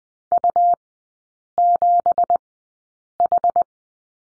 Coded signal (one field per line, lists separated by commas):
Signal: Morse code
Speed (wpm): 20 wpm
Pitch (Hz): 700 Hz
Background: none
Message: U7H